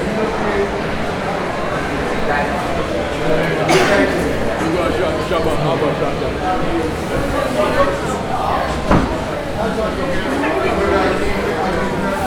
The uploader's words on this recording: From the green wall, we take a short walk through Brixton.